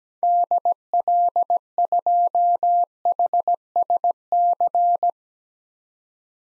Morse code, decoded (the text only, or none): DL2HSC